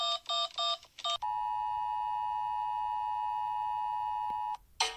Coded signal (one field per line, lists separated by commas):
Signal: Emergency Alert System (SAME) tones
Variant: 853 and 960 Hz attention tone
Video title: Rating EAS alarms (by how scary they are) for no reason Part 7